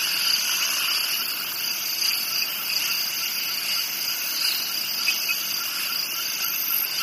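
Crickets give an unbroken, high, ringing chorus of overlapping trills in stacked bands, steady throughout with only slight swells in loudness.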